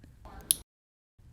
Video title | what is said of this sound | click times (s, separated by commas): Siteman Education Series: How to Disconnect Your CADD Pump | once you hear the click it means the needle has been safely removed and you can take the needle casing away | 0.5 s